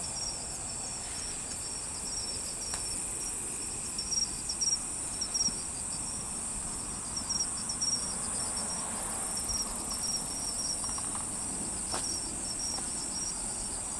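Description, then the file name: Crickets chirping in a steady high-pitched chorus, with a pulsed trill running beneath a continuous shrill band and a few faint clicks. "crikets"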